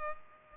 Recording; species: mosquito wingbeat signal from an infrared sensor; Culex pipiens